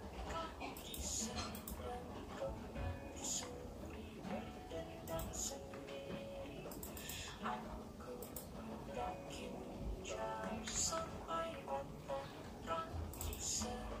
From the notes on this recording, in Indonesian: Rintik hujan, keyboard, backsound lagu